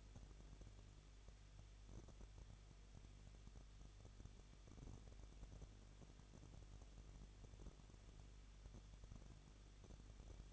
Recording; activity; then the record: daily activity, microphone in the room; no activity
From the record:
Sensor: 4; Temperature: 23.1 degrees Celsius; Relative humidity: 33.9%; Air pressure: 1007.2 hPa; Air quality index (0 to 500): 216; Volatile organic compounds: 15 ppm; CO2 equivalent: 2493 ppm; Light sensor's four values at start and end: 2/3/1/1 and 2/3/1/1